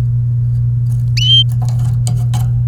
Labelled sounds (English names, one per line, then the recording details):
Domestic Canary song
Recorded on 28 April 2018 at 07:40
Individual llb3